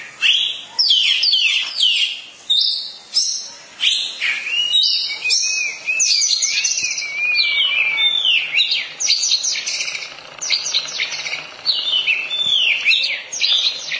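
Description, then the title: Oriental magpie-robin singing continuous loud, varied whistles and harsh slurred phrases, bursts rising and falling for the whole stretch. Long-duration song. "Kacer"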